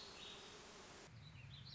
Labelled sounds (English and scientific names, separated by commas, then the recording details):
Warbling Vireo (Vireo gilvus)
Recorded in Sonoma County, California